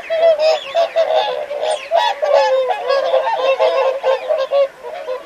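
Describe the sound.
Whooper swans calling as a flock, many loud bugling honks overlapping continuously with harmonic, trumpet-like tones.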